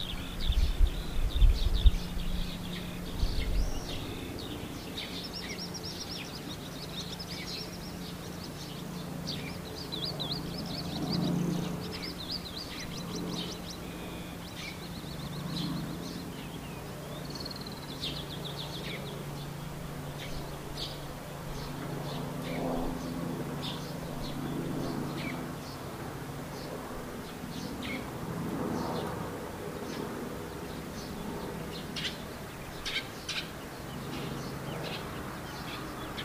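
Birds chirp in short, scattered bursts throughout, over a steady low hum, with a brief louder knocking rumble in the first few seconds.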